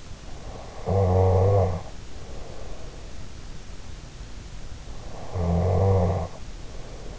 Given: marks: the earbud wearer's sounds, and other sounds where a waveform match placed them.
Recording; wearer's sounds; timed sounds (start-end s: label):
sounds in sleep by an in-ear microphone; snoring breath
0.54-3.03 s: snoring breath
4.97-7.19 s: snoring breath